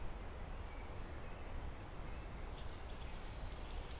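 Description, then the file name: European robin giving a high, thin, sustained whistled note in the second half, a piercing steady tone with a few brighter accents, over a low background hiss. "Erithacus rubecula"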